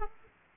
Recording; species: mosquito wingbeat signal from an infrared sensor; Aedes aegypti